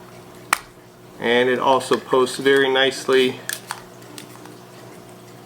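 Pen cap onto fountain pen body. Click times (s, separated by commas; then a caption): 0.5 s. A Lamy AL-Star Turmaline fountain pen's anodized aluminum cap is pushed onto the pen body and snaps shut with a sharp click at 0.5 s, securing the cap. Someone then talks, and a few fainter taps follow later.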